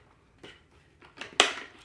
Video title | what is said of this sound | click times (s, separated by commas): Shark AI VACMOP Pro Review and Mopping Tests - Is the Navigation better than the Roborock 😮😂 | but they should just be able to snap right in. | 1.4 s